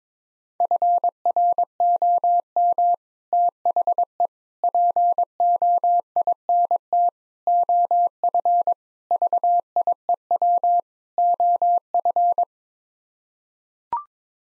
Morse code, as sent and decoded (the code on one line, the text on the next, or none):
..-. .-. --- -- / - .... . / .--. --- .. -. - / --- ..-. / ...- .. . .-- / --- ..-.
FROM THE POINT OF VIEW OF